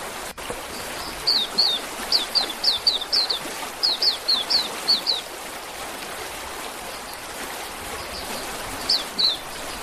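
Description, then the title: Oriental magpie-robin song: a string of brisk, high down-slurred chirping whistles in short groups, then a long pause and a final pair of notes, with hiss behind. "Kicau Kacer"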